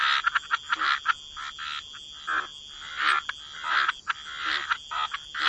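Frog chorus with separate short croaks popping out about once a second above a thinner background of steady calling.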